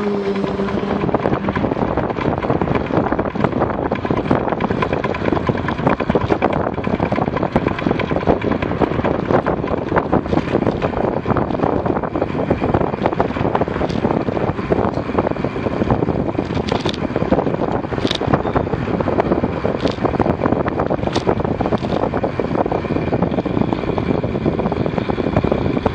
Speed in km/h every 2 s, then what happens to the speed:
35, 35, 38, 39, 35, 31, 35, 37, 35, 38, 35, 38, 39.
0-26 steady at about 35.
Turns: none.